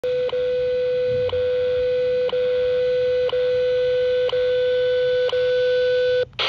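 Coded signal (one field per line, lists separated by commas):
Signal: radio time signal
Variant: WWV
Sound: steady humming tone broken by a short tick once per second, about six ticks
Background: radio static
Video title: WWV 25.000 MHz AM Full Scale Signal! Cobra HA-TA CB Antenna - 3 September 2024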